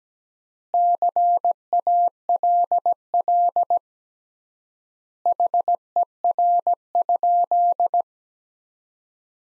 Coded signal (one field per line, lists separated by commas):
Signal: Morse code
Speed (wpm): 17 wpm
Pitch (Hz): 700 Hz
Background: none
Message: CALL HER?